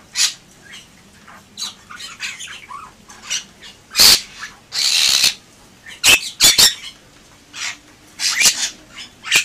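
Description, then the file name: Bali myna song with scattered scratchy chatter, a few loud harsh screeches and clicks, and softer twittering notes between them. "suara jalak bali"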